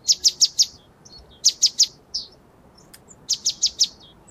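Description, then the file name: Great tit calls: high, sharp notes in quick bursts of three or four, with short pauses between bursts and a few softer single notes. "Parus major"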